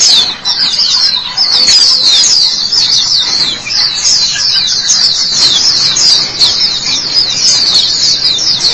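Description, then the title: White-eye song, high rapid twitters and slurred chirps pouring out continuously without pause. "Kicauan Burung Pleci"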